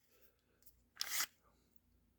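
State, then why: Released. Pressing the touchy release button on a Walther PPS M2 airsoft pistol magazine from Umarex during loading frees the locked-down follower with a single sharp click at 1.0 s. A brief burst of bright, broadband rattle follows until about 1.3 s, over quiet background noise. The follower is released.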